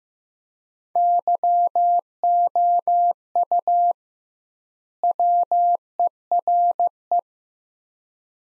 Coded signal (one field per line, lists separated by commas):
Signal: Morse code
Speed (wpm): 15 wpm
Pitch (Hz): 700 Hz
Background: none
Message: YOU WERE